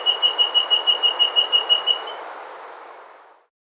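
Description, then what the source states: Rusty-breasted antpitta giving a rapid series of about a dozen clear whistled notes on one pitch, evenly spaced, lasting two seconds before fading into a soft background hiss. South America.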